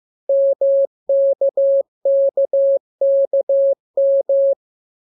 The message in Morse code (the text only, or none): MKKKM